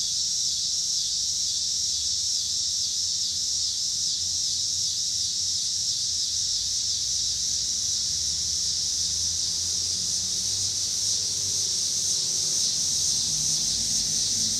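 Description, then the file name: Steady high-pitched cicada chorus, buzzing without pause, over low traffic noise that grows toward the end. Cicadas with passing car traffic in Pittsburgh, Pennsylvania, on 26 August 2023. "cicadas and cars Pittsburgh PA"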